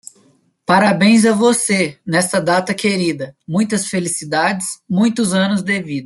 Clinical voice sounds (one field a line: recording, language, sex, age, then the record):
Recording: short text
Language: Brazilian Portuguese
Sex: male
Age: 20 to 29 years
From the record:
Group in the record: control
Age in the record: 24 years